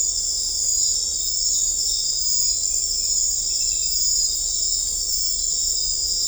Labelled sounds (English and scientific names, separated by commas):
none